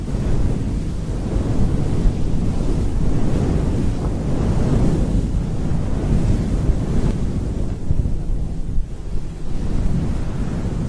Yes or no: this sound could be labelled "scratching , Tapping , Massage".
no